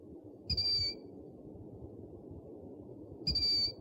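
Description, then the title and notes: Owl with two brief, high, even-pitched whistles nearly three seconds apart, over low background noise. Compilation of 69 call variants from 11 owl species. "Sovy - Eulen - Owls. 69 variant hlasů - 11 druhů sov"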